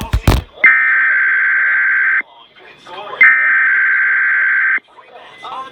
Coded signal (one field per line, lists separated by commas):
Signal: Emergency Alert System (SAME) tones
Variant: header bursts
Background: speech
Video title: KDKA RWT (8/29/21) EAS 361-362